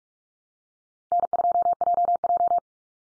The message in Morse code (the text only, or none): N2JJ